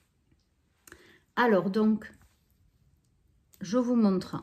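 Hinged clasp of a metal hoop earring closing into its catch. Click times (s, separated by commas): 0.9 s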